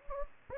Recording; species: mosquito wingbeat signal from an infrared sensor; Anopheles gambiae